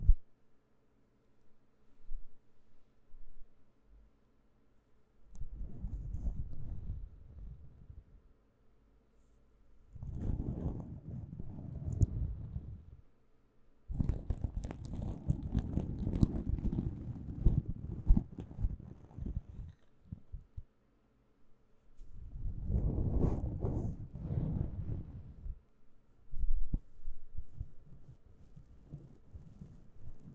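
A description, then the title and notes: Hands rubbing and hair brushing come in separate bursts of soft, low rustling: one around 5–8 seconds, another at 10–13, a longer dense stretch from 14 to 20, and one at 22–26. Between bursts it is nearly quiet, with faint small clicks and taps. Relaxing hands sounds and hair brushing and mouth sounds for sleep (no talking).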